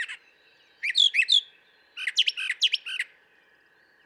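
Brown thrasher song: a phrase of looping whistled notes, a pause, then a rapid series of sharp notes and slurs.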